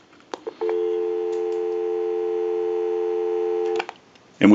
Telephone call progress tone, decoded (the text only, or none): dial tone